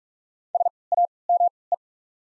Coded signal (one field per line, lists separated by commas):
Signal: Morse code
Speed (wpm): 43 wpm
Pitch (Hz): 700 Hz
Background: none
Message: SAME